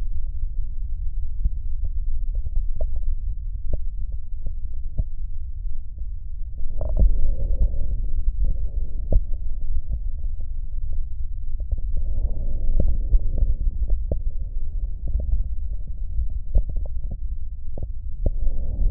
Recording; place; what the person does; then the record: lung sounds by stethoscope; right posterior basal chest; quiet breathing, then deep breathing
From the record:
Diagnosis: interstitial lung disease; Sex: male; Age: 72 years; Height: 170 cm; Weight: 62.9 kg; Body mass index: 21.8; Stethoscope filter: extended mode